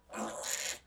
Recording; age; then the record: pig call; piglet (1 to 25 days)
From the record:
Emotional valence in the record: negative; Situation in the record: restrain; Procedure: back test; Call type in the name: low-frequency call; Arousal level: maximum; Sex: male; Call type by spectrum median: high-frequency call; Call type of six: mixed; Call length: 0.88 s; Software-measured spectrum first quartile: 1210 Hz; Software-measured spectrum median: 3918 Hz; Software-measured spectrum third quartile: 6925 Hz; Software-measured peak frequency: 577 Hz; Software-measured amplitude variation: 145 dB a second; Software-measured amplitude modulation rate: 17.1 a second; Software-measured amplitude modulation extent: 8.4 dB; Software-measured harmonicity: 0.3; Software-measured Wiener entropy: -2.00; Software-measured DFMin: 848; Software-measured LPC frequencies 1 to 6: 726, 1739, 3208, 4114, 5610, 6890 Hz